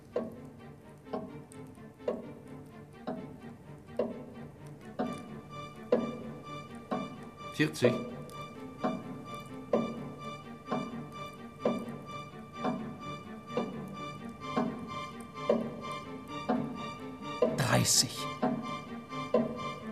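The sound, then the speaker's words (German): A large black pendulum clock ticks steadily once per second, each crisp, woody click evenly spaced over a soft, humming background, with one sharper, louder knock near the end. “Das Pendel der großen schwarzen Uhr schwang regelmäßig hin und her.”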